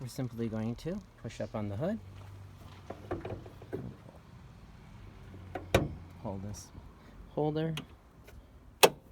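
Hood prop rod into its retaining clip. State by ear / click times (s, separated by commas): seated / 8.8 s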